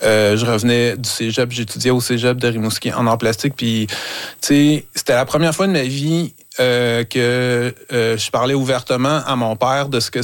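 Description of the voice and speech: A 47-year-old man speaking French, with drawn-out vowels and silent breaks mid-phrase, fitting the blocks and prolongations of stuttering. His stuttering is neurodevelopmental and has greatly decreased since age 15, but it persists in adulthood.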